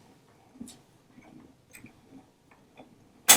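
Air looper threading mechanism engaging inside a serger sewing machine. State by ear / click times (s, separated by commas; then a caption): not seated / none. With the lever lowered from serging to threading, the handwheel of a Baby Lock Triumph serger is turned slowly toward the operator to bring the air looper threading mechanism into engagement. Soft, irregular ticks come from the handwheel at about 0.7, 1.8, 1.9, 2.5 and 2.8 seconds, followed by a sudden loud broadband burst at the very end. The air loopers have not yet clicked into engagement.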